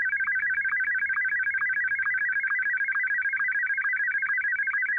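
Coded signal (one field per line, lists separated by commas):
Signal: SSTV (slow-scan television)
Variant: Martin 1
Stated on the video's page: SSTV image sent through Roblox's built-in voice chat using Blackcat SSTV software.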